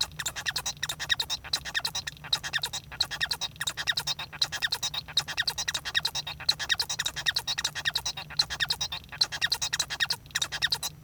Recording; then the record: song of a male Bengalese finch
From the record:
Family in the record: son of father 1